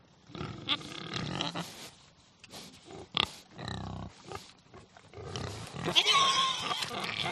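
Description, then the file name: Pig grunting and squealing in a restless jumble of short calls, loudest toward the end. "audio hero Pig"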